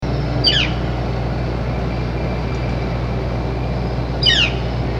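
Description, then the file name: Northern flicker giving two sharply descending calls about four seconds apart, over a constant heavy low rumble. Call type given as a 'kleo' call. "NOFL kleo call"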